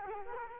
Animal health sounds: mosquito wingbeat signal from an infrared sensor; Culex quinquefasciatus

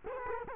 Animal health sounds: mosquito wingbeat signal from an infrared sensor; Culex quinquefasciatus

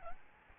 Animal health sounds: mosquito wingbeat signal from an infrared sensor; Aedes albopictus

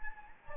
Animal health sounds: mosquito wingbeat signal from an infrared sensor; Anopheles gambiae

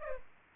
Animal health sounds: mosquito wingbeat signal from an infrared sensor; Culex pipiens

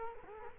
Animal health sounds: mosquito wingbeat signal from an infrared sensor; Culex quinquefasciatus

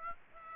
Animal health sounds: mosquito wingbeat signal from an infrared sensor; Aedes aegypti

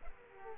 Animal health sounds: mosquito wingbeat signal from an infrared sensor; Aedes aegypti

